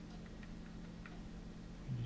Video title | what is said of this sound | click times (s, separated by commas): Video of me showing how to repurpose a hard drive,and a c.d./d.v.d. drive,out of an old laptop. | put it like that and it just snaps together just like that it's as simple as that | 0.4 s, 1.1 s